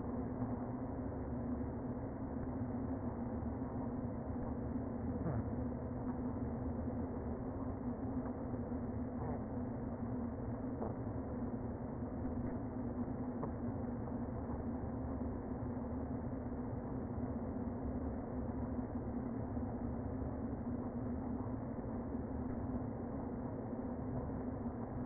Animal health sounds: honeybee colony, microphone inside the hive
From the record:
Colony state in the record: queen present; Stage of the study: before two queens were removed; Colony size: about 60,000 bees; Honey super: yes

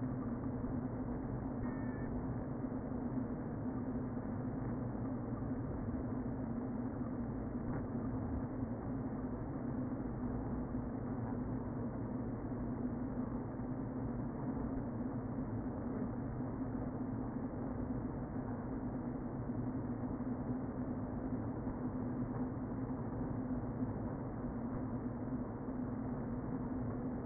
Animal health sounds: honeybee colony, microphone inside the hive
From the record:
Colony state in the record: queen present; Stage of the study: before two queens were removed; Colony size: about 60,000 bees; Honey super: yes

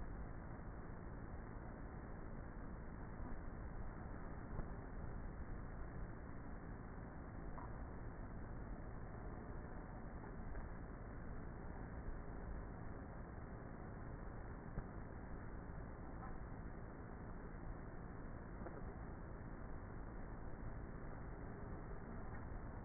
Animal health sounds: honeybee colony, microphone inside the hive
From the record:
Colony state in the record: queenless with a low population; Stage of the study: before two queens were removed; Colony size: about 30,000 bees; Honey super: no

